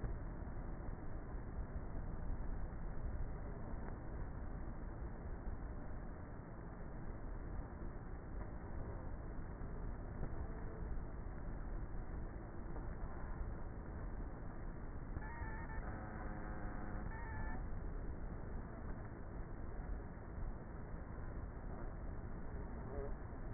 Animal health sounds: honeybee colony, microphone inside the hive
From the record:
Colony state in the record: queenless with a low population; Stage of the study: before two queens were removed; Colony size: about 30,000 bees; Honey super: no

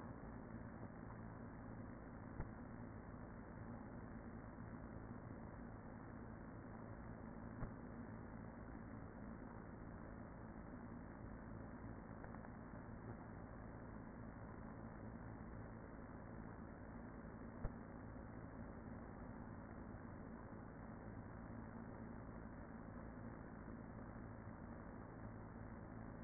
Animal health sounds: honeybee colony, microphone inside the hive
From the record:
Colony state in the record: queen present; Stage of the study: after two queens were removed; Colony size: about 40,000 bees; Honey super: no

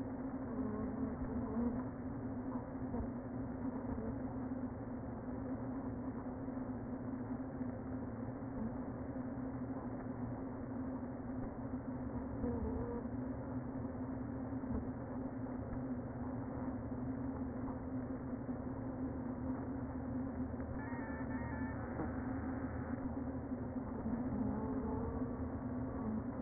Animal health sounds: honeybee colony, microphone inside the hive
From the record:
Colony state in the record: queen present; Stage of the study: before two queens were removed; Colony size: about 60,000 bees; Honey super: yes

